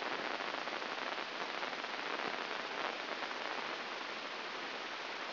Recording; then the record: brain microelectrode recording played as sound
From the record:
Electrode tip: inside the subthalamic nucleus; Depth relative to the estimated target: -2 mm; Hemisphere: left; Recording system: AlphaMap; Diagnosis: Parkinson's disease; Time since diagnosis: 15 years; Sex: female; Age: 68 years